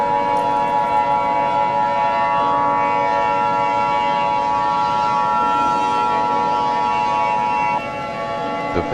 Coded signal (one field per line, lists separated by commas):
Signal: Emergency Alert System (SAME) tones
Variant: 853 and 960 Hz attention tone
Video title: Eas scenario #4 im not loving it